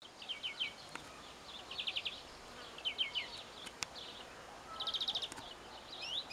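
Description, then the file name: European greenfinch giving short, rapid trilled chatters, each burst under a second, repeated several times with brief pauses between them; faint clicks in the background. "Chloris chloris"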